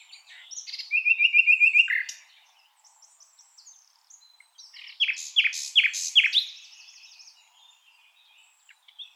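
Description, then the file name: Common nightingale singing: a rapid rolling trill of repeated notes, a quiet gap, then loud descending piping notes in a quick series. "Luscinia megarhynchos"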